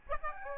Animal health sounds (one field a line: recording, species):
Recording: mosquito wingbeat signal from an infrared sensor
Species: Aedes albopictus